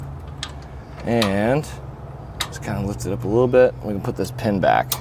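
A Hollywood Racks Sport Rider SE platform hitch bike rack for two electric bikes, mounted on a 2022 Chevrolet Tahoe and tilted down for rear hatch access, is lifted back upright. Its metal tilt mechanism latches with a sharp snap at 0.4 s, seating the rack in place, while someone talks.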